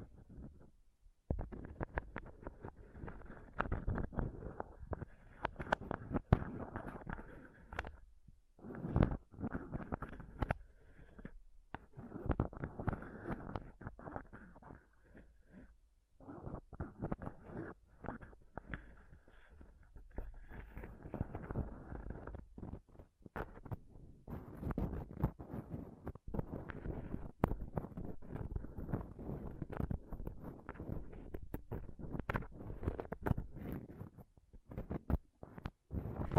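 Close-up mic scratching and touching, dense rough bursts of low rumbling scrapes and thumps with brief pauses, continuing unevenly throughout.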